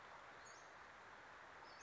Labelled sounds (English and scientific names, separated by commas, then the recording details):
Western Flycatcher (Empidonax difficilis)
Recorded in Sonoma County, California